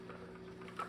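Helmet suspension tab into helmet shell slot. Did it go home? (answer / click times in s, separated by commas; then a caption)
yes / 0.8 s. A plastic tab of a ratchet helmet suspension is pushed into one of the six slots inside a forestry helmet shell. Over a steady low hum, there are faint handling taps, then a sharp snap at 0.8 s as the tab seats in its slot.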